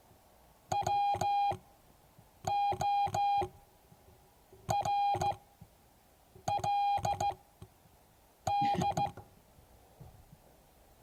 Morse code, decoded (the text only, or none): WORLD